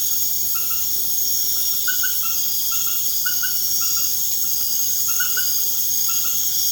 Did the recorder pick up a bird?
no